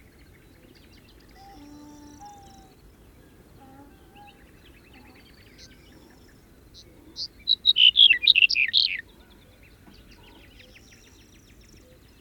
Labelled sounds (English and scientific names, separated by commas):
Black-headed Bunting (Emberiza melanocephala) song